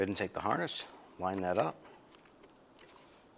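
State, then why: Not seated. Someone talks while lining up a wiring harness connector with the plastic socket of a new tail light housing on a 2006-2011 Cadillac DTS, then only faint handling noise and a couple of soft ticks follow. The connector has not seated or clicked in yet.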